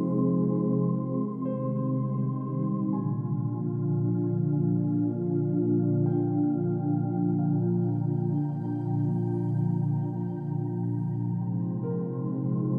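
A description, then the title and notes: Two steady tones, pitched slightly apart, hum together in a low, dense drone with a slow beating pulse. Soft changes in the upper overtones come at about 1.5, 3, 6 and 12 seconds, while the loudness holds nearly constant throughout. 60hz Gamma Binaural Beats. Two tones of slightly different frequency, one in each ear.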